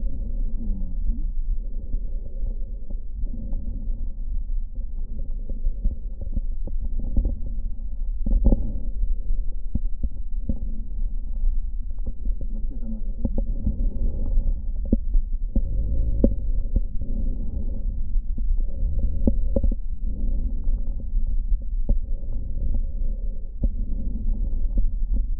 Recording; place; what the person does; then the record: lung sounds by stethoscope; right posterior apical chest; quiet breathing, then deep breathing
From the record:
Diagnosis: interstitial lung disease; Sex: female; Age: 72 years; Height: 153 cm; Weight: 71 kg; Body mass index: 30.3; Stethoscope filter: diaphragm mode